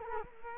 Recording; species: mosquito wingbeat signal from an infrared sensor; Culex quinquefasciatus